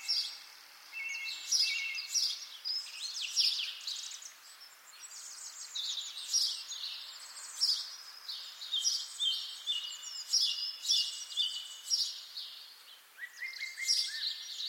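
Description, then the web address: Birds in full song, dense overlapping high chirps and warbles throughout, with a lower whistled phrase near the end. Birds singing in spring. "sonido del canto de los pajaros en primavera"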